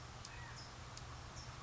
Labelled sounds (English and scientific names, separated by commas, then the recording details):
California Quail (Callipepla californica)
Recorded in Sonoma County, California